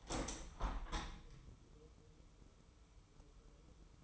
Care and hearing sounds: daily activity, microphone in the room; open window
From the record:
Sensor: 1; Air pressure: 1015.0 hPa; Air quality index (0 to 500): 25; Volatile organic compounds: 1 ppm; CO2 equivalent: 505 ppm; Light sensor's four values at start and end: 11/26/10/11 and 11/26/10/12

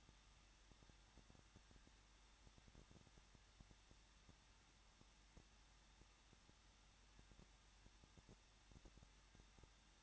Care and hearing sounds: daily activity, microphone in the room; no activity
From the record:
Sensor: 3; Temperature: 21.3 degrees Celsius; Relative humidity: 36.2%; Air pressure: 1006.5 hPa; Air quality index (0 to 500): 220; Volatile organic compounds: 39 ppm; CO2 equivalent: 3133 ppm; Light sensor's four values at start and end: 2/3/2/2 and 2/3/2/2

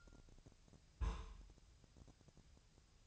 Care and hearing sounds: daily activity, microphone in the room; place on stove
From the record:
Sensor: 2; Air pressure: 999.2 hPa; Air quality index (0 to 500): 198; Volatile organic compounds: 29 ppm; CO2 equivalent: 2928 ppm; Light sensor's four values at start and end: 6/15/6/6 and 6/15/6/6

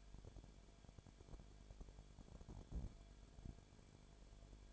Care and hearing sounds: daily activity, microphone in the room; no activity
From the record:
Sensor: 5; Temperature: 19.8 degrees Celsius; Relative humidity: 33.3%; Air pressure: 1001.4 hPa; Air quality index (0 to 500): 32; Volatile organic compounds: 1 ppm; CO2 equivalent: 525 ppm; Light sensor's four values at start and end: 2/3/1/1 and 2/3/1/1

